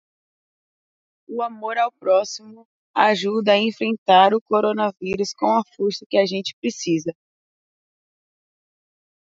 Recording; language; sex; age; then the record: spoken sentence; Brazilian Portuguese; female; 20 to 29 years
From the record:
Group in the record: control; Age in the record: 20 years